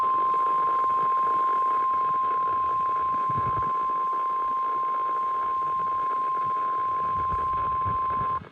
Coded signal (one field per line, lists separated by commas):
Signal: Emergency Alert System (SAME) tones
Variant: 1050 Hz attention tone